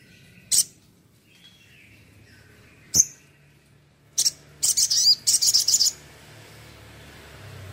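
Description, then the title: Spiderhunter giving a few high, piercing chips, then a fast, stuttering burst of high notes. Labaik variant, from a masteran training recording for cage birds. "Masteran Burung Sogok Ontong Labaik"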